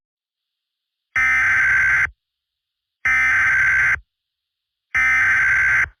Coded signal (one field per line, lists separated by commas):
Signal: Emergency Alert System (SAME) tones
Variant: header bursts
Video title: EAS Scenario - Frozen Over